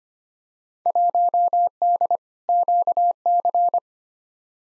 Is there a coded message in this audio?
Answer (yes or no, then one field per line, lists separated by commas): yes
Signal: Morse code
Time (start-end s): 0.9-3.8 s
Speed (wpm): 25 wpm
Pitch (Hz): 700 Hz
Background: none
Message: 1D QC